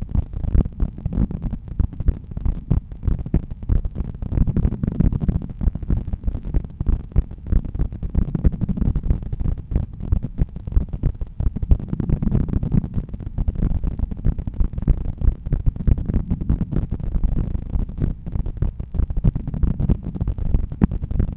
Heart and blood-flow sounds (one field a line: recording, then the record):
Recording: heart sounds by stethoscope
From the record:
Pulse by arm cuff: 92 bpm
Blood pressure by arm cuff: 119/79 mmHg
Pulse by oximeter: 92 bpm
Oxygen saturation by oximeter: 97%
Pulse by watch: 94 bpm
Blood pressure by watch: 117/78 mmHg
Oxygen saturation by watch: 95%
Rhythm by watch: sinus rhythm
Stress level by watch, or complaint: medium stress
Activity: after lunch and office activities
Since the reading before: plus 5500 steps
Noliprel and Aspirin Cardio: no pills today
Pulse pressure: 40 mmHg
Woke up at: 7:00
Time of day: 14:03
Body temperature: 36.3 C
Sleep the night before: 8 h 5 min, score 54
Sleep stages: REM 28%, light 57%, deep 5%, awake 10%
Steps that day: 9800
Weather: cloudy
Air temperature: 19.3 C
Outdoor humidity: 74%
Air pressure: 1012 hPa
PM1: 30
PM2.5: 42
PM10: 54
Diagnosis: hypertension, treated with Noliprel and Aspirin Cardio 100 mg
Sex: male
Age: 53 years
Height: 174 cm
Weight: 81 kg